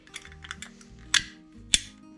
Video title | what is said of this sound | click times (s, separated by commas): A Better External Battery Connection | like that two clicks we can see the contacts in there that's good and solid | 1.2 s, 1.7 s